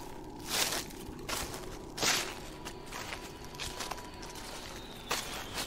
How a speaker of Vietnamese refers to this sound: Dưới cái ánh đèn flash yếu ớt của hai cái điện thoại, tôi nghe thấy ở đằng sau căn chòi dường như có tiếng bước chân người đang đi đến sột soạt.